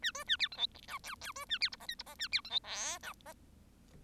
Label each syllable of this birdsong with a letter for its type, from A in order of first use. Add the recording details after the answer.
A B A C D E F G G B A C H I J H I A C D E K F I. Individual Bird1